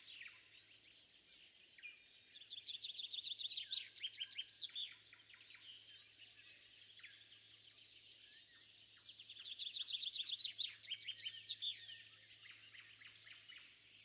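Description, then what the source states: Bird chorus of overlapping high chirps and sweeps, with two loud bursts of rapid trilling notes around three and ten seconds, and a faint low hum throughout. Bird calls recorded at sunrise.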